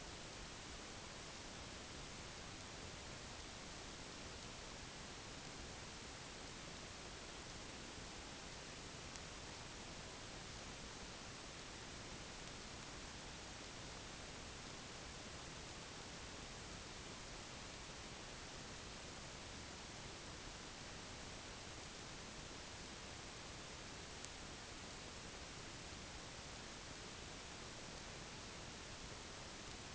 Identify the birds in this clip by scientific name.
none